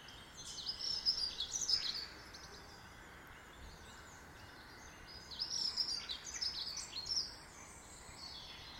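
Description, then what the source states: Bird song, two rapid high chattering phrases of chirps and trills separated by a quiet gap, over steady background hiss. In a garden.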